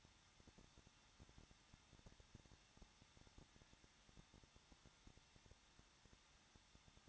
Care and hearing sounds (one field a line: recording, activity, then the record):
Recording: daily activity, microphone in the room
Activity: no activity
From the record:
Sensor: 3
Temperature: 21.2 degrees Celsius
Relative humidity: 36.4%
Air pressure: 1006.4 hPa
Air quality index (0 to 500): 223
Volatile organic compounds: 42 ppm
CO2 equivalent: 3185 ppm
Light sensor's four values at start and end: 2/3/2/2 and 2/3/2/2